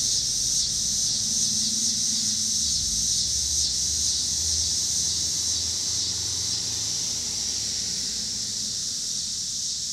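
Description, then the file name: Cicadas droning in a dense high buzz with a faint rhythmic pulsing, while car noise rumbles low in the background. Cicadas with passing car traffic in Pittsburgh, Pennsylvania, on 26 August 2023. "2023-08-26 cicadas and cars Pittsburgh PA"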